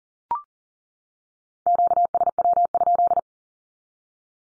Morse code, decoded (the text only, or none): QSW?